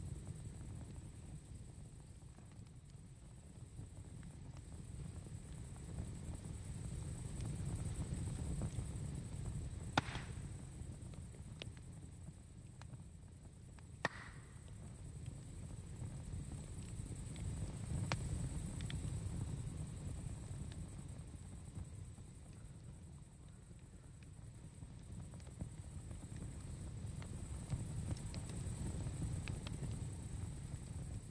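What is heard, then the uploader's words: A campfire burns with a low, steady rumble that swells and eases in slow waves, like wind pushing the flames. Sharp crackles and pops break through now and then, the loudest near ten and fourteen seconds, over a faint constant high hiss. CAMPFIRE AMBIENCE | Cozy Crackling Fire Sounds.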